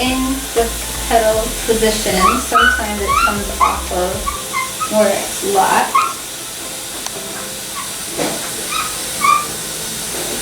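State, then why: Seated. Someone talks over background music while pushing a detachable part back onto the pedal assembly of a dental chair, a part that sometimes comes off in the pedal position. A single sharp click is heard at 7.1 s as the part locks into place.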